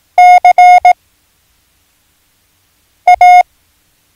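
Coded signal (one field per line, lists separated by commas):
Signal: Morse code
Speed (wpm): 18 wpm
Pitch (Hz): 720 Hz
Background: none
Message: C A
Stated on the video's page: Morse code learning lesson introducing letters O, S, C and H.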